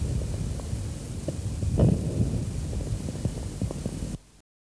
Early inspiratory crackles are characteristic of severe airway obstruction and appear to be produced in the proximal and larger airways. They are not silenced by cough or change of posture. Among the diseases associated with early inspiratory crackles are chronic bronchitis, asthma, and emphysema.